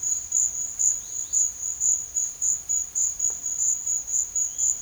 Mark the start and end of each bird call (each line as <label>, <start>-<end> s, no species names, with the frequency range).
bird call (2.6-5.1 kHz), 0.87-1.49 s